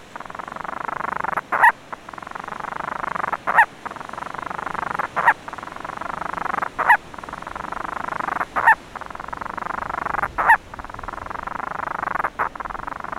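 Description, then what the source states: Monteiro's storm petrel giving a continuous rough purr, interrupted by brief breath-like breaks every couple of seconds. Vocalizations.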